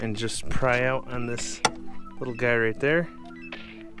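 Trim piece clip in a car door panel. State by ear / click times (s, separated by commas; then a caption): released / 3.5 s, 4.0 s. A flat head screwdriver pries a small trim piece out of its clip in a Malibu Maxx car door panel while someone talks. The trim piece snaps free of its clip with sharp clicks at 3.5 s and 4.0 s, releasing it.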